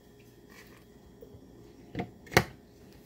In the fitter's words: we had just snaps into place I really love this ninja I did